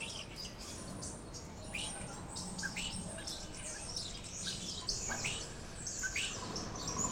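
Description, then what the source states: Bird chorus of quick high chirps and short twittering notes, several birds calling at once over faint background noise. Birds chirping on a tree.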